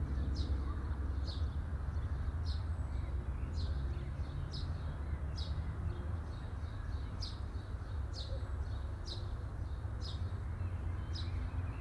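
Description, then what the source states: Bird chirps, crisp high notes repeated steadily many times, backed by a deep continuous rumble. Birds chirping at midday.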